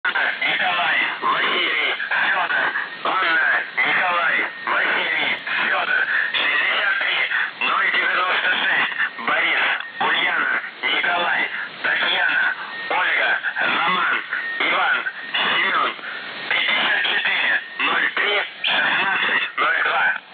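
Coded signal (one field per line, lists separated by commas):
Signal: numbers station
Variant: UVB-76, Russian voice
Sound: a voice reading words and digits over a narrow radio channel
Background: radio static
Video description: АНВФ АНВФ 63096 БУНТОРИС 64031602 АНВФ АНВФ 63096 БУНТОРИС 64031602 прием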